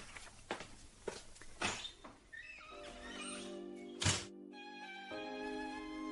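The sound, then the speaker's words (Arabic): A few soft footsteps and thumps lead to a single solid door slam as someone leaving shuts the door behind her, followed by a brief hush and then sustained, gentle musical tones. “لا شكرا، اقفلي الباب وراكي ولو عوزت حاجة هرن على الانتركم.”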